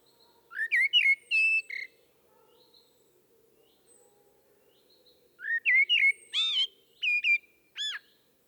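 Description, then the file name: Common blackbird song of warbled whistles and high thin squeaks, two phrases with a quiet interval, the second longer and more varied. "Turdus merula"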